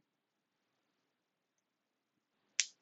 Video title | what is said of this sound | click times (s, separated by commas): Howl LEGO Building 40725 Cherry Blossoms | Well, that's a satisfying snap. | 2.6 s